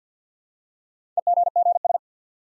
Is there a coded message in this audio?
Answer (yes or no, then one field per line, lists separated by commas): yes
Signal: Morse code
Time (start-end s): 1.2-2.0 s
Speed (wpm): 50 wpm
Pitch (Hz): 700 Hz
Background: none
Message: EGGS